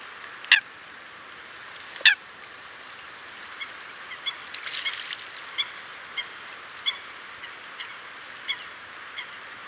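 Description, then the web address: Eurasian coot calls: two loud sharp explosive notes, then softer short notes scattered irregularly over steady background noise. "chant xeno-canto foulque macroule"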